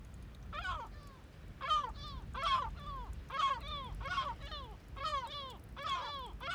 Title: Ballet de mouettes, calmes, 3HWW+78 Bøur, Îles Féroé - Ballet de mouettes, calmes. Ballet de mouettes en vol Féroé